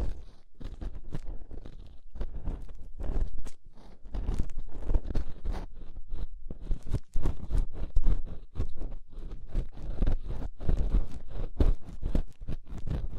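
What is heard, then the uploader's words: Ear scraping, a dense run of short, dry scratching strokes that follow one another quickly and unevenly across the whole stretch. Each stroke is crisp and bright on top over a steady low rumble, with a few sharper, louder scrapes near the middle. Inner and Outer Ear Scraping (No Talking).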